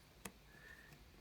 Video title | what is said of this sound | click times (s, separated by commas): Garmin Vivofit 4 Battery Replacement (4th time) - Time to Trash? | and it should kind of lock into place. | 0.3 s